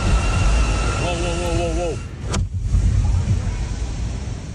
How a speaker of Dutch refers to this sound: Het geluid van doffe ploffen en heel veel water. Vandaag nam de oorlog in Oekraïne een nieuwe wending met de verwoesting van de Kachovka-Stuwdam.